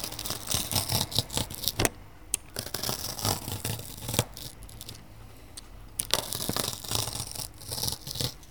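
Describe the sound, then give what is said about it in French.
A pounce wheel rolls over paper along the outlines of letters, perforating it to transfer a sign-painting design, with a dry, crackly scratching broken by sharp little clicks and pauses, moderately loud and irregular in rhythm, with no voices. “Donc là, je passe la roulette sur le papier. En fait, je passe sur le contour des lettres.”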